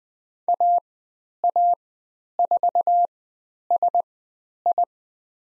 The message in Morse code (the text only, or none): AA4SI